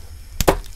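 A plastic interchangeable hand is pulled off an action figure's wrist peg, and it takes some force. A sharp pop is heard at 0.4 s as the hand releases, followed by a second louder snap just after and a few faint taps. Someone talks.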